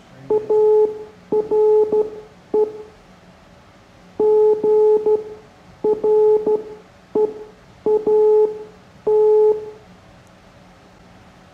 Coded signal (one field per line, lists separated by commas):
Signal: Morse code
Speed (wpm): 13 wpm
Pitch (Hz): 430 Hz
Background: none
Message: ARE GREAT